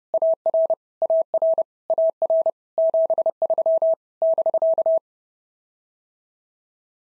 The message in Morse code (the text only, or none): AR AR AR 73 <BK>